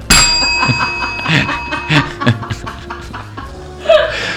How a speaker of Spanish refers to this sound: Dale al timbre,